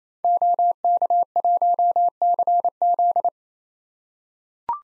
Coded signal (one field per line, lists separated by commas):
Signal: Morse code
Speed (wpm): 27 wpm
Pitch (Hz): 700 Hz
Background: none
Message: OK1CZ